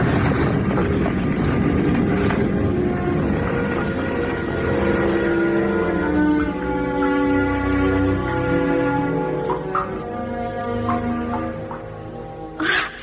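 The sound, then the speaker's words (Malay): A loud, continuous rumbling roar as a pile of rocks blocking a cave entrance explodes and shatters, fragments scattering everywhere; deep and steady with a churning low drone throughout, and a short sharp crack near the end. “Batu-batu itu pun meledak keras sekali dan pecah berantakan. Ongkahan batu-batu itu berhamburan kemana-mana, meninggalkan suara yang amat gemuruh.”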